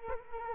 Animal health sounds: mosquito wingbeat signal from an infrared sensor; Culex quinquefasciatus

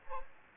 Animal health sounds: mosquito wingbeat signal from an infrared sensor; Aedes aegypti

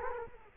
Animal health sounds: mosquito wingbeat signal from an infrared sensor; Culex quinquefasciatus

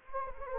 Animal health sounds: mosquito wingbeat signal from an infrared sensor; Anopheles gambiae

